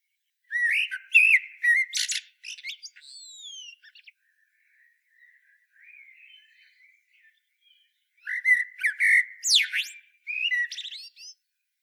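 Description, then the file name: Common blackbird song: two loud, rich phrases of fluted notes and high squeaky twitters and slurred whistles, separated by several seconds of soft, subdued warbling. "Turdus merula"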